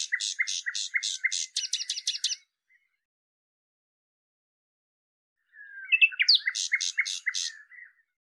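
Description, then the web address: Common nightingale song: loud repeated double notes delivered rapidly, then a gap and a second phrase of sweeping notes and chattering repetitions. "cianscape birddata Deverinetal 2025"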